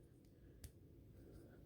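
The plastic front leg of an action figure is flipped over during transformation and pegged into the hind leg. A short, sharp tick at 0.6 seconds marks the leg seating in place over a low, steady background.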